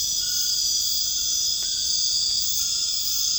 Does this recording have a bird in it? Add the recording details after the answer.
no. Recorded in dense forest near Puerto Asís, Putumayo, Colombia, on 19 February 2024 at 00:00. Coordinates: 0.485, -76.325. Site G6429